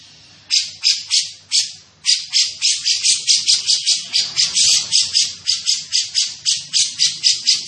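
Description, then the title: Grey-cheeked bulbul starting with a few spaced grating notes, then speeding into a dense, continuous rattle of rasping bursts. Described as gacor, calling eagerly and often, with a dense, clear voice. "Cucak Jenggot Gacor, Suara Rapat Dan Jernih"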